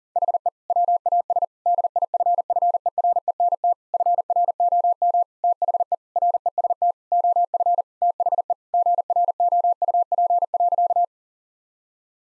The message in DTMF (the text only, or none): none